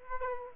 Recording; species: mosquito wingbeat signal from an infrared sensor; Aedes aegypti